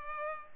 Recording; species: mosquito wingbeat signal from an infrared sensor; Culex pipiens